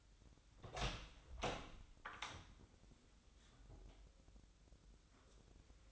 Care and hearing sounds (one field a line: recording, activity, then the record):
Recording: daily activity, microphone in the room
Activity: open door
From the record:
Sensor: 3